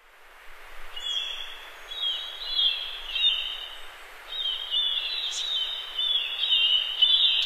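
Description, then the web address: Marbled murrelet calling, a string of shrill, slightly warbling notes repeated in uneven bursts with almost no other sound. "Songs of Birds of North America Stokes. Marbled Murrelet"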